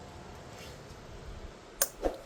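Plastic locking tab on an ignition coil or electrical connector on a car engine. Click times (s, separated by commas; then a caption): 1.8 s. After a valve cover gasket, spark plug and spark plug seal replacement on a Hyundai Elantra 2.0L, a plastic locking tab on an engine-top ignition coil or electrical connector is pushed in to lock it in place. Over quiet background noise, a sharp click sounds at 1.8 s, followed by a softer tap at about 2.1 s. The tab clicks in and the connector is seated.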